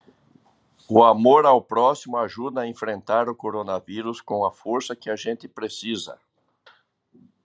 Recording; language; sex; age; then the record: spoken sentence; Brazilian Portuguese; male; 50 to 59 years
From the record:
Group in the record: control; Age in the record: 57 years